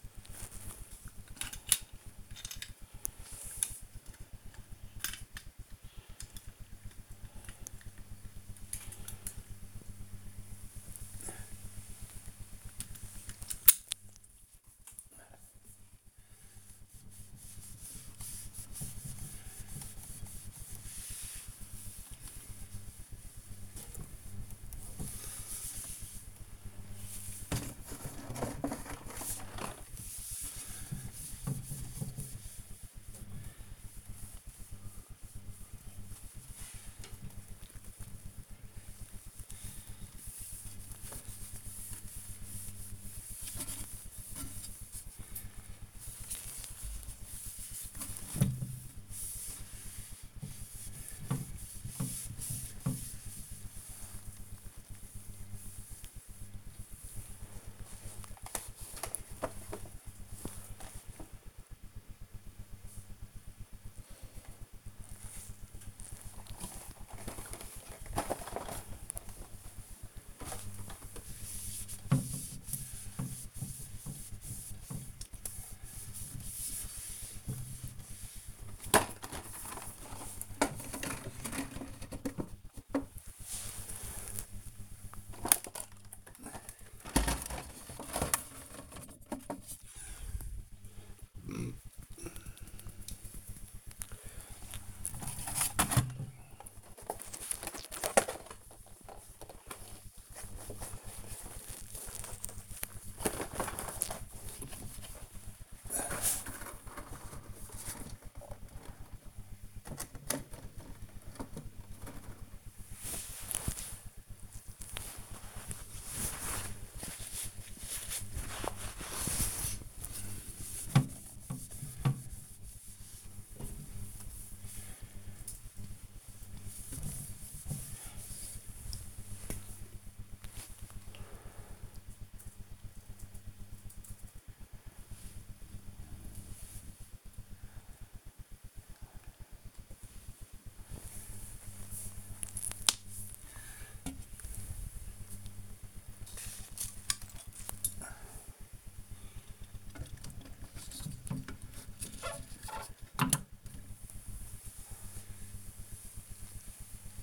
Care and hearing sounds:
household activities, microphone on the right wrist
0.00-57.02 s: dusting model cars
66.08-130.49 s: dusting model cars
139.56-157.23 s: dusting model cars

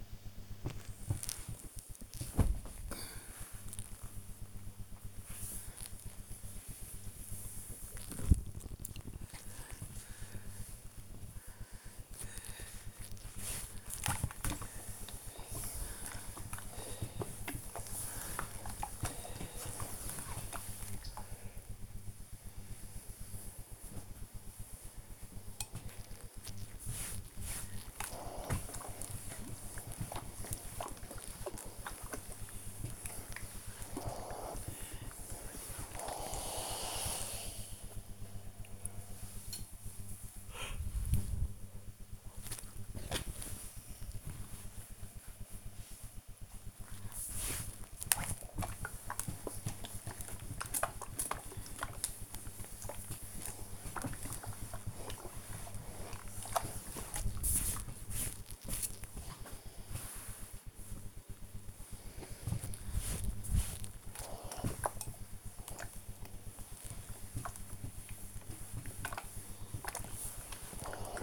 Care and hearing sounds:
household activities, microphone on the right wrist
0.00-71.23 s: ironing laundry

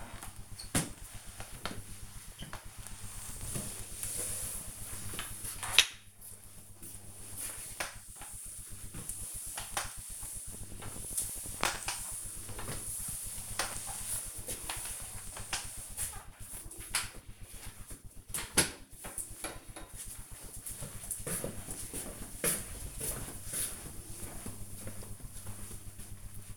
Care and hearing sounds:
household activities, microphone on the right wrist
0.00-16.33 s: floor cleaning

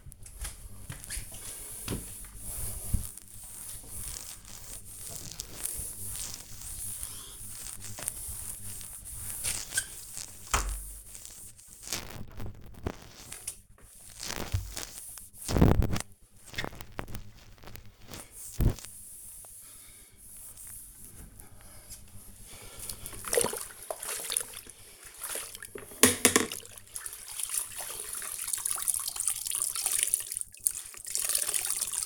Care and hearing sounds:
household activities, microphone on the right wrist
0.00-32.06 s: cleaning the door

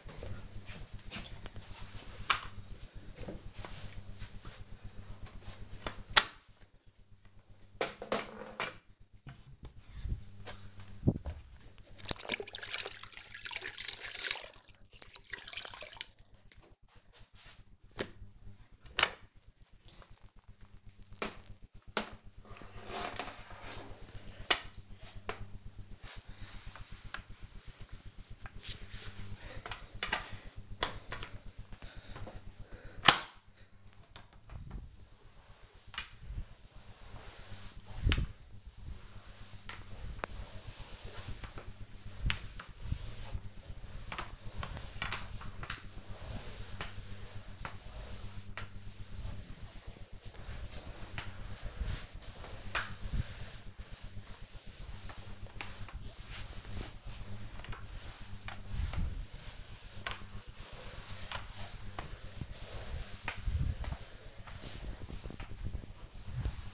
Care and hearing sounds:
household activities, microphone on the right wrist
4.83-66.74 s: floor cleaning

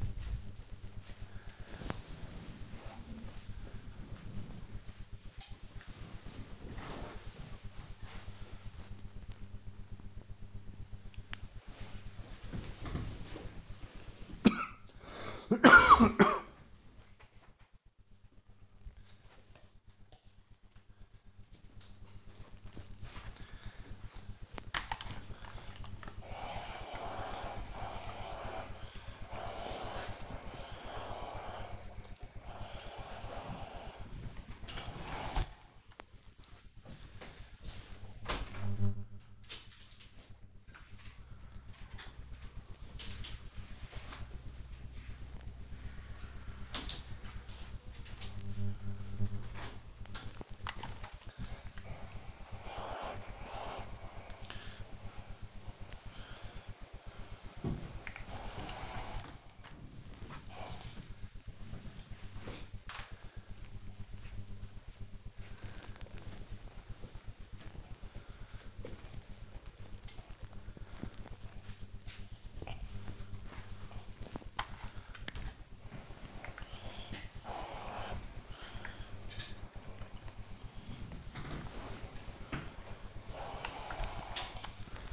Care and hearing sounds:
household activities, microphone on the right wrist
0.00-5.39 s: ironing laundry
21.55-64.92 s: ironing laundry
73.00-85.13 s: ironing laundry

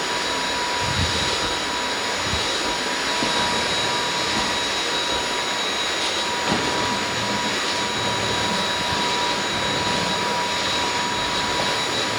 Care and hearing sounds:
household activities, microphone on the right wrist
0.00-12.19 s: vacuum cleaning

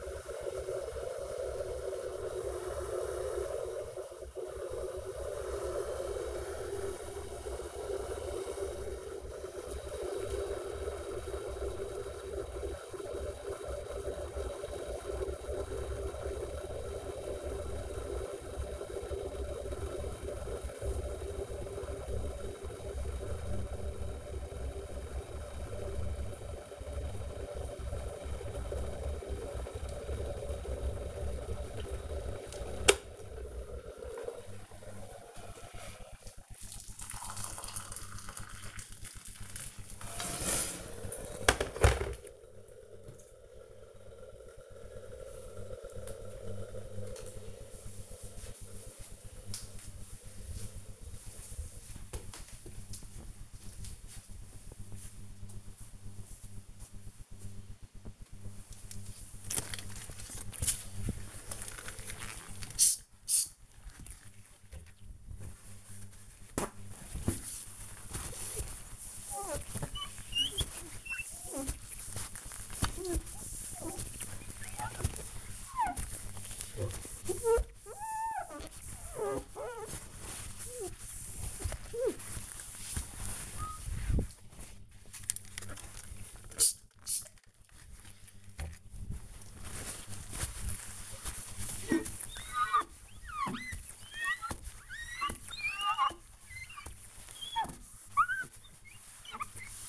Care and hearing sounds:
household activities, microphone on the right wrist
0.00-46.71 s: making tea
57.78-99.89 s: window cleaning

